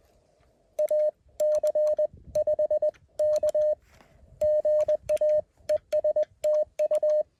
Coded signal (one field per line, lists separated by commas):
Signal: Morse code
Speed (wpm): 19 wpm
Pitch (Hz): 590 Hz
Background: none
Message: AC5K GA ES TU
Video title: Morse Code POTA activation at Elk Mountain 11/6/2024